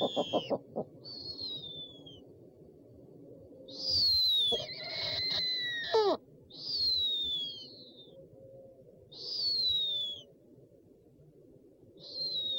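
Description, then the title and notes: Owl calling: a quick burst of low pulses, then several high thin whistles that slide downward, with lower notes mid-sequence. One of 69 call variants from 11 owl species. "Sovy - Eulen - Owls. 69 variant hlasů - 11 druhů sov"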